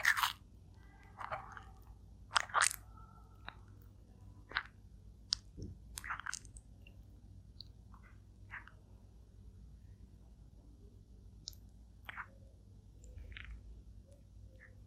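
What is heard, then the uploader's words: A turtle eats, with sharp crunches and wet snaps scattered unevenly, busiest in the first seven seconds and then more spread out. Between bites a low, steady hum sounds. Turtle eating asmr mukbang.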